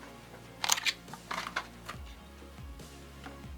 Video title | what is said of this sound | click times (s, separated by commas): How to Install DDR4 RAM- Super Quick Replacement From Kingston | And once you hear that clicking sound, you know exactly that it's in a socket nicely. | 0.6 s, 0.7 s